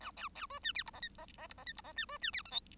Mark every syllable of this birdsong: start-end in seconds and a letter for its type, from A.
0.00-0.11 A, 0.16-0.28 B, 0.35-0.46 B, 0.49-0.59 C, 0.63-0.72 D, 0.74-0.83 E, 0.86-0.90 F, 0.93-1.00 G, 1.02-1.09 H, 1.18-1.26 G, 1.37-1.47 G, 1.49-1.53 F, 1.57-1.64 G, 1.66-1.73 H, 1.76-1.81 F, 1.83-1.93 G, 1.96-2.05 D, 2.08-2.18 C, 2.21-2.31 D, 2.32-2.42 E, 2.45-2.51 I, 2.51-2.60 J